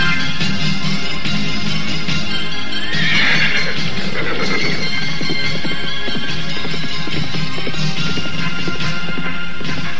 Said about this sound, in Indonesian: Beberapa saat saja, kedua remaja tersebut telah berderap di atas punggung kuda mereka. Dan Raden Purbaya berkuda bersama-sama dengan kakeknya.